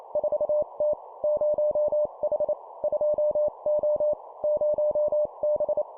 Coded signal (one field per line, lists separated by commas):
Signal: Morse code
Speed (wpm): 28 wpm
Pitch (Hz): 600 Hz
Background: none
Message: 4T 0H 2O 0B